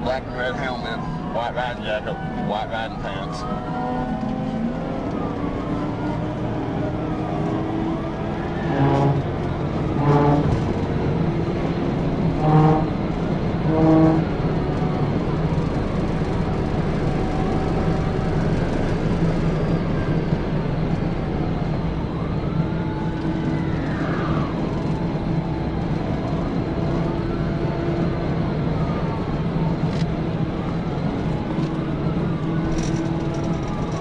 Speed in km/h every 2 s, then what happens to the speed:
127, 132, 147, 161, 172, 180, 190, 193, 201, 190, 172, 171, 179, 179, 167, 166, 174.
0-16 speeds up to 201. 16-21 brakes to 171. 21-26 speeds up to 179. 26-31 slows to 166. 31-34 speeds up to 174.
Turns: none.